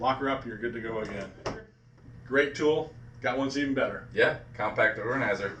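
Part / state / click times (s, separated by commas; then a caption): compact organizer box onto a modular tool box stack / not seated / none. A compact plastic organizer box is being handled over a modular tool box stack, with someone talking throughout and a brief handling sound around 1.5 seconds. The clip ends before the box latches onto the stack, so nothing has seated or clicked yet.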